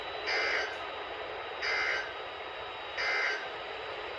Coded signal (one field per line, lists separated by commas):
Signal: Emergency Alert System (SAME) tones